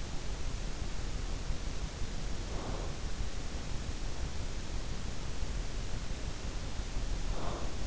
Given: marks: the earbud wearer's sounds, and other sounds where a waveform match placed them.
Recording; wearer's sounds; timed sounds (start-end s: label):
sounds in sleep by an in-ear microphone; breath
2.26-3.15 s: breath
7.19-7.87 s: breath